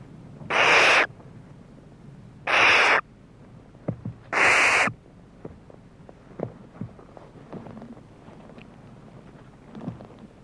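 Barn owl calling with three loud, breathy shrieks about two seconds apart, followed by several seconds of faint scattered clicks and low background hum.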